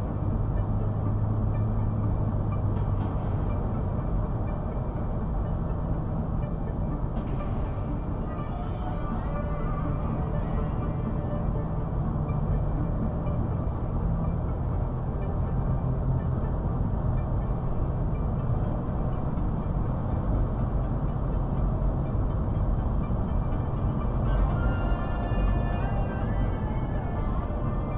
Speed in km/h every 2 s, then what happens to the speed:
92, 92, 90, 90, 89, 90, 92, 93, 97, 95, 97, 98, 100, 98.
0-8 steady at about 90. 8-16 speeds up to 97. 16-28 steady at about 97.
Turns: none.